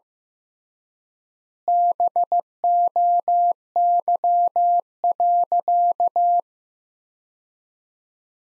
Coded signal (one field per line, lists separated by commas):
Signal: Morse code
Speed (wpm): 15 wpm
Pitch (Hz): 700 Hz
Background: none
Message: BOY.